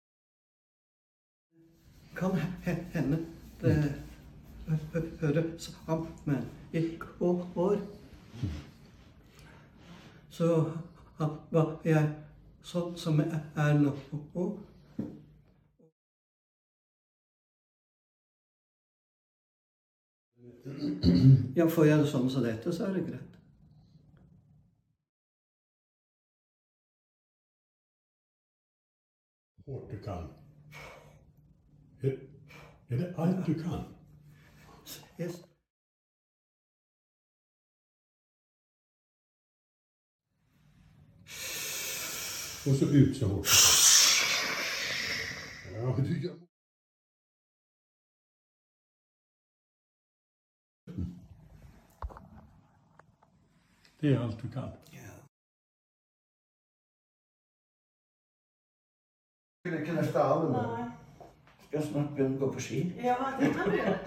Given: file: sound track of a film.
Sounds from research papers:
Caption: Speech, forced expiration, and shoulder mobility before and after bilateral diagnostic block of the superficial cervical plexus. Although the patient communicates in his native language, the effect of the block on the pattern of speech is recognizable also for non-Norwegian speakers.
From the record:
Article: Respiratory dysfunction in whiplash associated disorders (WAD) with cervical plexus syndrome – A case report

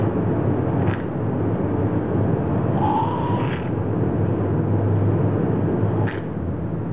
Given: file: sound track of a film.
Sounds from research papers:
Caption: Clinical signs of lamb with experimentally induced ENA. This file contains a short movie demonstrating an experimentally infected sheep showing clinical signs of ENA. Clinical signs were observed in one of the five infected lambs at 12 wpi and included persistent nasal discharge, stridor, nostril flaring, head shaking, sneezing and open mouth breathing.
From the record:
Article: Experimental transmission of enzootic nasal adenocarcinoma in sheep

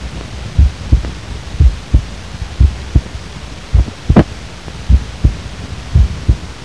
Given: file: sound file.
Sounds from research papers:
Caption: Audio file 1 (normal heart sound).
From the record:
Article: Cardiac Auscultation Using Smartphones: Pilot Study

